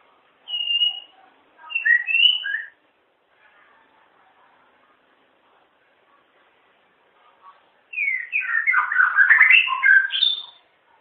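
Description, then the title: White-rumped shama song in two short whistled phrases, a long quiet gap, then a dense, tumbling jumble of rapid whistled and chattering notes. "murai batu"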